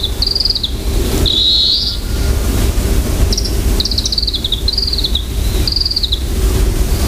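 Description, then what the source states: Varied tit calling with high, slurred notes, repeated every second or so over steady low rumbling. Call (jinaki), not song.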